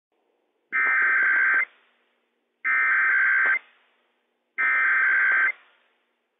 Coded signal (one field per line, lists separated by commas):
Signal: Emergency Alert System (SAME) tones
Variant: header bursts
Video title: WSEOC Required Weekly Test - WWF56 - EAS #82 - 11:00 AM PDT 4/20/21